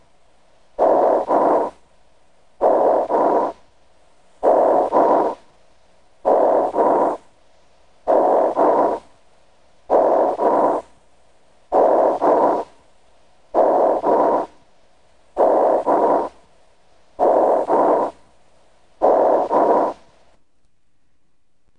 Bronchial breath sounds heard over an area of lung tissue consolidation caused by pneumonia. with pneumonia, bronchial breath sounds have a hollow or tubular quality and are high-pitched. They remain audible during inspiration and expiration. These sounds may be auscultated with either the bell or diaphragm of the stethoscope.